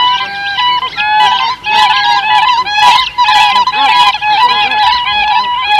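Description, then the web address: Siberian crane calls, loud high ringing notes with rich harmonics, given in rapid overlapping bursts throughout. "earth naturelibrary assets s si siberian crane"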